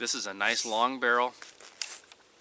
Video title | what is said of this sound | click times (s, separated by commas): Air Rifles for Wilderness Survival | locks into place no doubt but the the strength that requires this would | 1.8 s